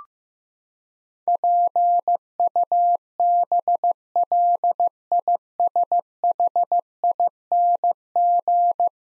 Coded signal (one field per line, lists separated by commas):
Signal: Morse code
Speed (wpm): 15 wpm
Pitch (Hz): 700 Hz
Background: none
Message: PUBLISHING